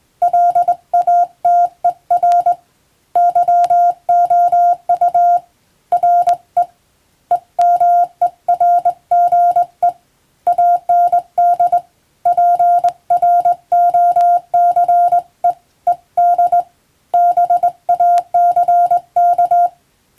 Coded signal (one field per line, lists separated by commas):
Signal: Morse code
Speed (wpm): 22 wpm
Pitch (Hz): 700 Hz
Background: none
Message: LATER YOU RE EMERGE AND PROCEED BACK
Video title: プロの通信士！モールス符号を送信する無線通信士という職業があります。国家試験でモールスの実技試験を受けて免許を取得します。当時はアマチュア無線も大流行しましたね。morse code practice